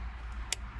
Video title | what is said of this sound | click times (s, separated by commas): Toyota 4Runner SR5 Clock Spring Replacement, Horn Fix! | that's the click, | 0.5 s